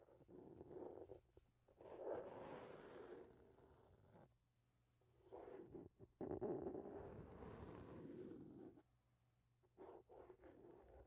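A microphone is touched and rubbed, making rough, muffled scraping and rumbling in long uneven bursts. Loud stretches run from about 1 to 4 seconds and 5 to 9 seconds, with brief quieter pauses between them and a low hum underneath.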